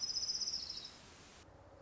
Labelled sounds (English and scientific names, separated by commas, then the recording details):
Orange-crowned Warbler (Leiothlypis celata)
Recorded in Sonoma County, California